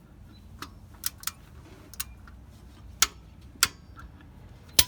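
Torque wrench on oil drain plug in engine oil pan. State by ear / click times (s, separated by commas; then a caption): torque reached / 4.8 s. A torque wrench set to 20 foot-pounds tightens the oil drain plug in the engine oil pan of a 2010 Ford Edge during an oil change. Light ticking and ratcheting clicks build up over the clip, and the wrench gives a sharp snap at 4.8 seconds as it reaches the setting, confirming the plug is torqued.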